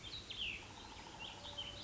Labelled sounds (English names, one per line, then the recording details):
Cassin's Vireo
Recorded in Sonoma County, California